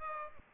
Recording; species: mosquito wingbeat signal from an infrared sensor; Aedes aegypti